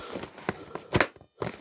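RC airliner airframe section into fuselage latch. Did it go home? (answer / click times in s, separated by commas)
yes / 1.0 s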